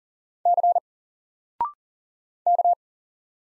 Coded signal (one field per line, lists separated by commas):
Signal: Morse code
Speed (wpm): 40 wpm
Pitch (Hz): 700 Hz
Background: none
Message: C K